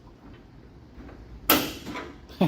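A car's metal hood latch is released by pulling the hood release cable, which is not yet mounted and is just floating. After a quiet stretch, the latch releases with a sharp pop at 1.5 s, followed by a fainter second knock at about 2.4 s. The hood is now unlatched and can be opened.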